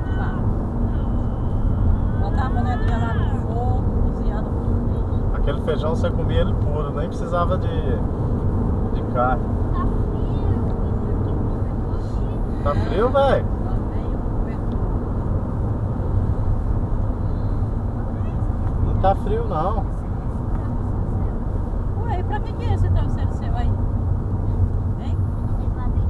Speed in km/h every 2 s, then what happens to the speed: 97, 94, 95, 94, 99, 102, 103, 104, 103, 98, 93, 90, 85.
0-7 steady at about 94. 7-14 speeds up to 104. 14-26 slows to 85.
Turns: none.